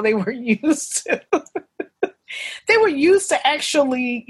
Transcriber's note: laughs